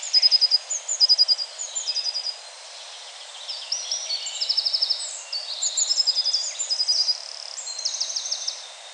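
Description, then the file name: Eurasian blue tit giving busy, overlapping high-pitched trills and chips in uneven bursts. "Cyanistes caeruleus"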